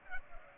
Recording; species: mosquito wingbeat signal from an infrared sensor; Culex pipiens